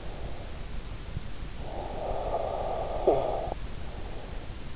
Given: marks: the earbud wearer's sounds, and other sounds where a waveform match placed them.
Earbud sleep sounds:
sounds in sleep by an in-ear microphone; snoring breath
1.53-3.91 s: snoring breath

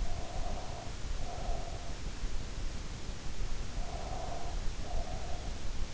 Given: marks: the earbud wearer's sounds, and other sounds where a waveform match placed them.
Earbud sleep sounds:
sounds in sleep by an in-ear microphone; breath
0.00-2.05 s: breath
3.78-5.57 s: breath

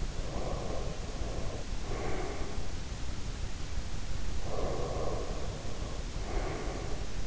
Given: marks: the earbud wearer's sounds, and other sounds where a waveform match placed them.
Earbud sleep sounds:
sounds in sleep by an in-ear microphone; breath
0.10-2.75 s: breath
4.30-7.27 s: breath

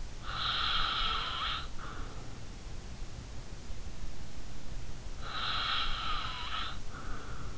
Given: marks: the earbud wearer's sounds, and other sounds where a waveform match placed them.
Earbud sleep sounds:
sounds in sleep by an in-ear microphone; snoring breath
0.25-2.34 s: snoring breath
5.22-7.58 s: snoring breath

